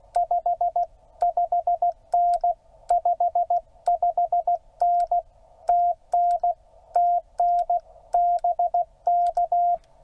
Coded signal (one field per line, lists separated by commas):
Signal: Morse code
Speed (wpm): 16 wpm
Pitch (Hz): 690 Hz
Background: radio noise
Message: 55N 55N TN TN BK